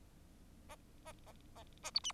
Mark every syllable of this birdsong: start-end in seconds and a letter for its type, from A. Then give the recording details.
0.69-0.75 A, 1.05-1.12 A, 1.26-1.33 A, 1.55-1.63 A, 1.83-1.91 A, 1.94-2.00 B, 2.04-2.12 C. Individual Bird4